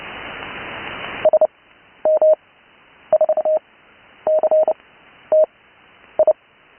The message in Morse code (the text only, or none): SM4CTI